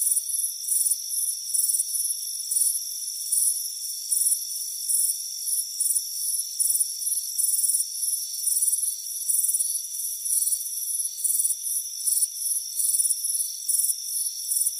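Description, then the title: Crickets in an ongoing chorus with high, pulsing chirps and a constant ringing trill beneath. Crickets chirping on a warm afternoon on a front porch. "Soothing Crickets Chirping Sound"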